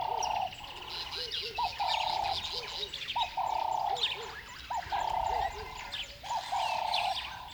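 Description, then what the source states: Bird calls in repeated bursts, a held mid-pitched note with paired short rising notes beneath, recurring every second and a half or so amid scattered high chirping. River bed at dawn; the birds are upset.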